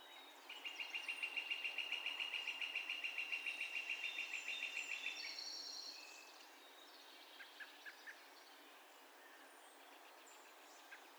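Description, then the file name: Northern flicker call: a long, rapid run of even, ringing notes, about three and a half per second for nearly five seconds, then a few faint chirps. Calls; recorded 2 May 2020. "2020-05-02 Northern Flicker- Calls"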